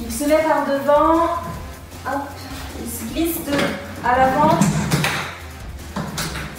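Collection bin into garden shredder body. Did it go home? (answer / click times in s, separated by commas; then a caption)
yes / 5.0 s. Someone talks while the plastic collection bin for shredded material is slid in at the front of a Ryobi Whisper Brushless 36V MAX POWER RY36SHX40-0 garden shredder. The bin clips into place with a sharp click at 5.0 s, followed by a softer knock at 6.0 s.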